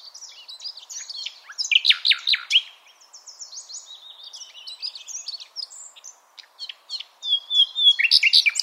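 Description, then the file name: Common nightingale singing a dense, varied stream of high whistles, buzzy notes and short trills, building to loud rapid repeated notes near the end. "Luscinia megarhynchos"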